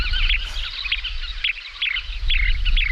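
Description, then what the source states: Kentish Plover calling with several short, sharp chirps over low background noise. Played recording taken from the internet; described as the most threatened plover; numbers declining.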